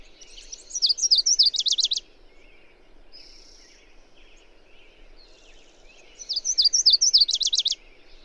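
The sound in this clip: Songbird singing two bright, high trilled phrases several seconds apart, each ending in a fast run of rapidly repeated notes, with soft twittering between them.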